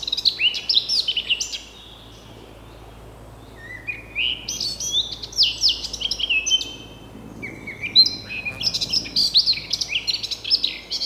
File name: Sylvia atricapilla